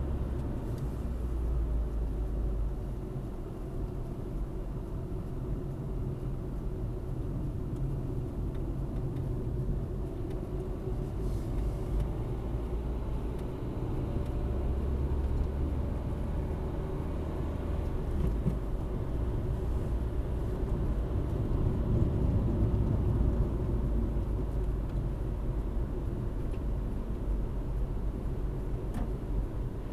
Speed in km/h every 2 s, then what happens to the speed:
47, 37, 37, 36, 29, 25, 31, 41, 51, 55, 56, 57, 59, 47, 48.
0-2 brakes to 37. 6-10 slows to 25. 10-24 speeds up to 59. 24-26 brakes to 47.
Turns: 0-7.